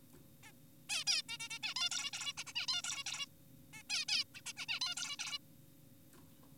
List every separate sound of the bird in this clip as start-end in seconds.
0.44-0.52, 0.90-1.04, 1.07-1.22, 1.29-1.38, 1.40-1.49, 1.50-1.59, 1.63-1.74, 1.76-1.90, 1.91-2.11, 2.14-2.33, 2.38-2.44, 2.47-2.53, 2.56-2.66, 2.68-2.82, 2.84-3.04, 3.06-3.26, 3.73-3.83, 3.90-4.05, 4.08-4.24, 4.35-4.41, 4.46-4.53, 4.57-4.66, 4.69-4.80, 4.82-4.95, 4.97-5.17, 5.19-5.38